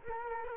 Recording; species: mosquito wingbeat signal from an infrared sensor; Culex quinquefasciatus